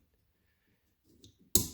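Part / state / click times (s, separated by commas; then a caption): plastic belt clip attachment onto a radio's mounting stud / seated / 1.6 s. A plastic belt-clip attachment is slid onto the screw-in stud on the back of a Baofeng radio. A few faint scrapes and a small tick near 1.2 seconds come before one sharp, loud click at 1.6 seconds as it latches into place. The clip is seated.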